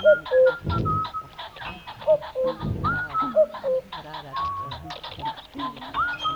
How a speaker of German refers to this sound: Kuckuck.